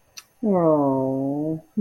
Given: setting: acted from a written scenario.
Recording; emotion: vocal sound without words; sympathy